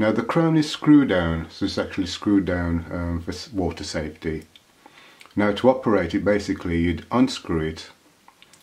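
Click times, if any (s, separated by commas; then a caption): 8.4 s. Someone talks about the screw-down crown of a stainless steel Swiss Legend Expedition SL 10008 11 SB wristwatch, which is screwed down for water safety. The crown is then unscrewed and pulled out to its first position, with a few small, quiet ticks near the end. It clicks out of the watch case at 8.4 s.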